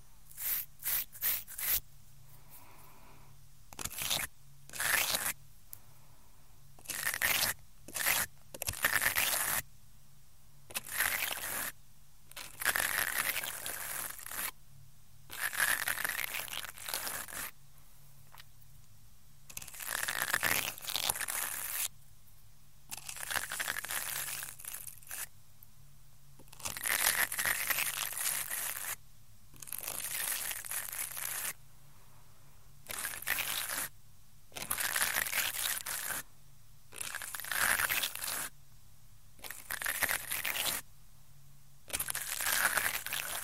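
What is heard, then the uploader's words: Ear cleaning sounds: bright, crinkly scraping and rustling bursts that come in short strokes, a few quick ones early, then longer sweeps of one to three seconds every few seconds. Between strokes there is near silence with a faint low hum. ASMR EXTREMELY TINGLY Ear Cleaning Sounds.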